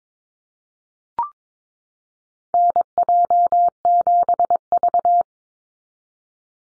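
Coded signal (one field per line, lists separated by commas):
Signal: Morse code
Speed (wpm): 22 wpm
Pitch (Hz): 700 Hz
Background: none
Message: NJ7V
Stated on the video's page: Computer-generated Morse drill of common North American SOTA activator callsigns at 22 wpm; each sent, spoken, then sent again.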